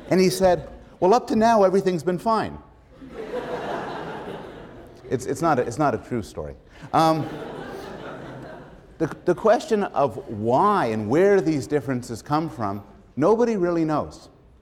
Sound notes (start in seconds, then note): 2.9 laughter; 6.8 laughter